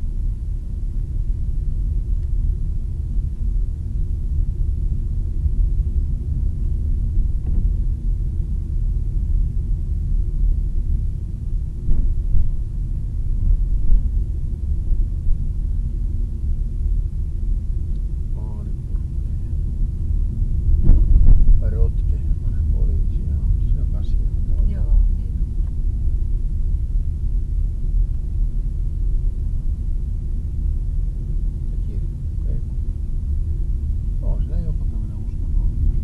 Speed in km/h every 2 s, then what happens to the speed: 20, 21, 24, 23, 23, 22, 23, 24, 23, 23, 23, 23, 21, 21, 22, 21, 23, 22.
0-36 steady at about 23.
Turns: none.